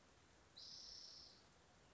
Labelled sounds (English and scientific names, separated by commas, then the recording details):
Spotted Towhee (Pipilo maculatus)
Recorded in Sonoma County, California